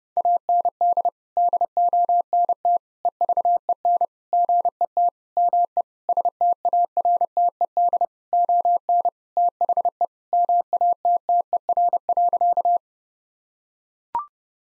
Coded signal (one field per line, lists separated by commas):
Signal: Morse code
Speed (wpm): 30 wpm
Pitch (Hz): 700 Hz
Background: none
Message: AND DONT EVEN GET ME STARTED ON THE MATTER.